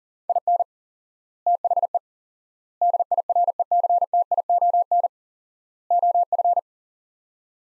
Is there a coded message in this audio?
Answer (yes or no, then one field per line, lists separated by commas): yes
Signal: Morse code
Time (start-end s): 0.3-6.6 s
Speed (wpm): 40 wpm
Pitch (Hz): 700 Hz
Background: none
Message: IN THE DIRECTION OF